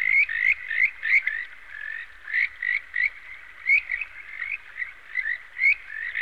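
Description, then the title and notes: Frog croaking in a rapid, irregular series of many short calls. "NHK Sound Effects Collection - 3-Frogs. NHK効果音集 - 3-カエル"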